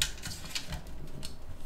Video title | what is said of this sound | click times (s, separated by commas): Long Range 60GHz airFiber 60 LR Setup and Testing | all right so this just pops right in like so | 0.0 s